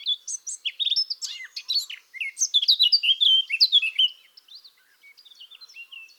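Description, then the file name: Eurasian blackcap song: fast, bright warbled phrases of mixed chirps and whistles, loud for four seconds, then fading into soft, scattered notes. "Sylvia atricapilla"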